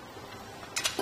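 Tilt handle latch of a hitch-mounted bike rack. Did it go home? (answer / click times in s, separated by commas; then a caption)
no / none. A RockyMounts MonoRail hitch-mounted bike rack for two bikes on a 2020 Toyota RAV4 is lifted from its tilted-down position back up into place, working toward the tilt handle latch snapping into its locked position. Quiet low-level noise gives way to a few short, bright handling knocks and rattles between about 0.8 and 1.0 seconds, the loudest at 0.85 seconds. The clip ends before the handle snaps in, so nothing has seated or clicked yet.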